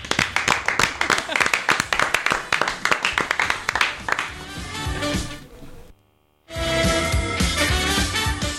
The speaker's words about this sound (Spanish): Yo creo que la mejor forma de despedirlos es aplaudiendo, ¿no? Chicos, venga, un aplauso.